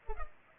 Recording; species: mosquito wingbeat signal from an infrared sensor; Culex pipiens